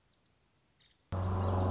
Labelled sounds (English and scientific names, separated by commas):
Nuttall's Woodpecker (Dryobates nuttallii)